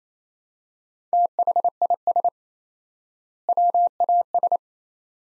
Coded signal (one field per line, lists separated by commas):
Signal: Morse code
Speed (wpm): 28 wpm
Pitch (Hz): 700 Hz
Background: none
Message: THIS WAS